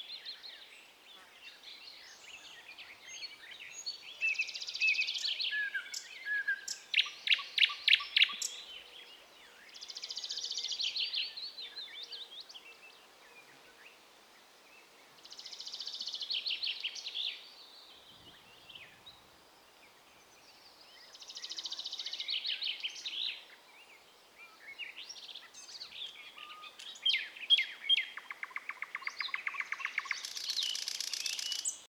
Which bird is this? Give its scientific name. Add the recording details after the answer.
Luscinia luscinia. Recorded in the wild. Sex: male. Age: adult. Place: Wizna, Lomzynski Park Krajobrazowy Doliny Narwi, Podlaskie Voivodeship, PL. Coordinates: 53.1863, 22.4198. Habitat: deciduous forest edge. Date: 2016-05-26 09:50. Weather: heavy cloud, light breeze. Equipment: Marantz PMD660 recorder, Sennheiser ME67 directional microphone. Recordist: Souriau, Abel